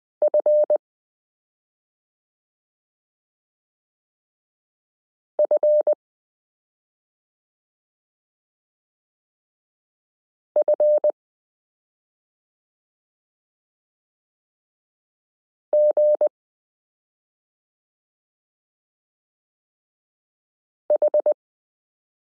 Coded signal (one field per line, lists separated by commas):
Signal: Morse code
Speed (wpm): 20 wpm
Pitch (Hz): 600 Hz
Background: none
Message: FFFGH